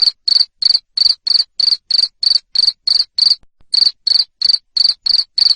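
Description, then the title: Cricket chirping: loud, sharp high chirps about three per second in a steady run, one short pause midway, no other sounds. Loud cricket chirping (ngerik) played to make lovebirds keep singing (ngekek). "Suara JANGKRIK NGERIK Keras Bikin LOVEBIRD Jadi NGEKEK Terus Vubey"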